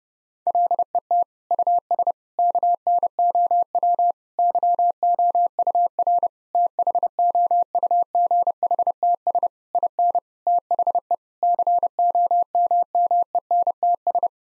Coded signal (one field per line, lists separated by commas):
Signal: Morse code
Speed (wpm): 30 wpm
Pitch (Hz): 700 Hz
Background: none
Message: LET US KNOW YOUR THOUGHTS IN THE COMMENTS